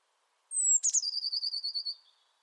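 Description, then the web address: Bird call: a clear, high whistle dropping slightly in pitch, a click, then a quick, steady run of pulsing trilled notes that trails off. "cianscape birddata Deverinetal 2025 File origin Bird Only Cy Ca"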